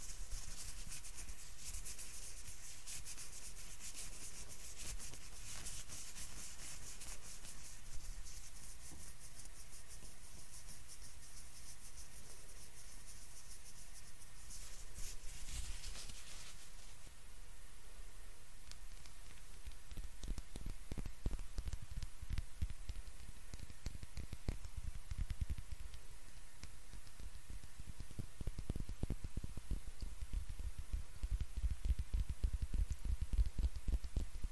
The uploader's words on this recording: ASMR FACE TREATMENT, ASMR CLEANING YOUR FACE, ASMR FACE TREATMENT SPA, ASMR FACE MASSAGE NO TALKING.